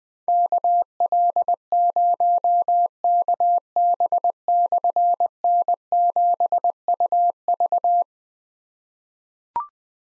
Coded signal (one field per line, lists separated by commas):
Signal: Morse code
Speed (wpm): 20 wpm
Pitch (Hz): 700 Hz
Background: none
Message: KL0KB/N7UV